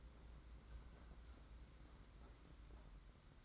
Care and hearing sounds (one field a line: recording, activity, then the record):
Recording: daily activity, microphone in the room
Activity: open fridge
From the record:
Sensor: 3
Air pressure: 991.9 hPa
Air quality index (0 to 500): 216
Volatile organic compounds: 1000 ppm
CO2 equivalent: 7370 ppm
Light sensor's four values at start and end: 33/99/40/34 and 33/98/40/34